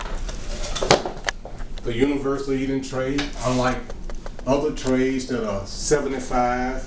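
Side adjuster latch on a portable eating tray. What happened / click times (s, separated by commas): The tray's side latch locked in place / 0.9 s, 1.3 s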